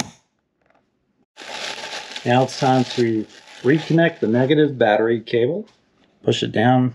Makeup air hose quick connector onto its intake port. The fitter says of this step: push it on till it clicks